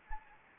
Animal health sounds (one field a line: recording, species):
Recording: mosquito wingbeat signal from an infrared sensor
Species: Anopheles gambiae